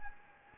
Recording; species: mosquito wingbeat signal from an infrared sensor; Anopheles gambiae